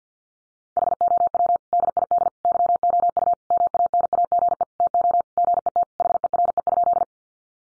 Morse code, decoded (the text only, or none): HOW DID YOU MANAGE TO GET HERE?